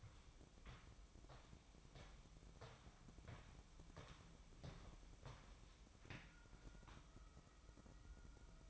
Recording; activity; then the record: daily activity, microphone in the room; walk to room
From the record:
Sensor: 1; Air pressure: 1008.2 hPa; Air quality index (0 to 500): 139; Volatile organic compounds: 2 ppm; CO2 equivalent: 1166 ppm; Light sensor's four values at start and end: 10/23/9/10 and 9/22/9/10